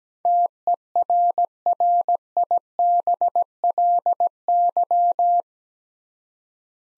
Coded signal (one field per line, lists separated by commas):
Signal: Morse code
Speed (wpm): 17 wpm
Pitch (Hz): 700 Hz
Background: none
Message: TERRIBLY